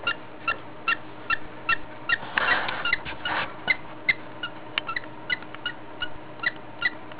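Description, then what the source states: Budgerigar breathing heavily, short squeaky wheezes repeating about two to three times a second, with two brief rustling bursts near the middle. Heavy breathing as a health sign of parasite infection.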